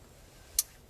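A plastic wiring-harness connector is pushed home onto an ignition coil of a 2003 Tundra, fitted without grease, over a low, steady background. A loud, sharp, high-pitched click sounds at 0.6 s, showing the connector has seated on the coil.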